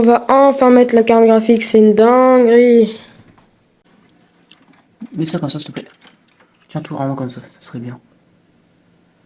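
A graphics card is handled at a motherboard's PCIe slot during a water-cooling build. Two people talk, then faint short knocks and taps are heard around 3.4 to 4.5 seconds before more talking. The card has not seated or clicked into the slot yet.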